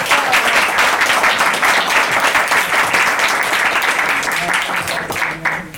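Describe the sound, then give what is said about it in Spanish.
An audience at the closing of a youth literature seminar applauds steadily for several seconds, a dense, sustained patter of many hands clapping at an even loudness before tapering slightly at the end. “Entonces yo pido un aplauso para ellos.”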